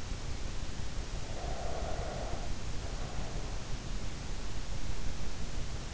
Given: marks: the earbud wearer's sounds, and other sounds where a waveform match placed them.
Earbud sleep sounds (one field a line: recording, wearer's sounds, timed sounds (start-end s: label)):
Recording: sounds in sleep by an in-ear microphone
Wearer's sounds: breath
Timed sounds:
1.07-3.58 s: breath